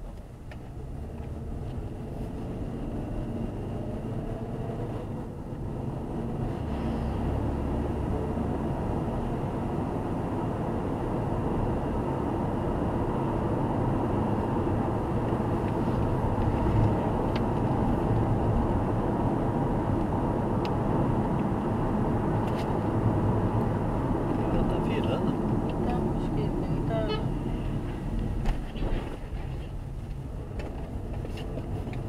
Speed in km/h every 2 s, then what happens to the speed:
29, 42, 49, 59, 68, 75, 80, 83, 85, 83, 81, 75, 53, 22, 26, 35.
0-15 speeds up to 85. 15-26 brakes to 22. 26-32 speeds up to 35.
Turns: none.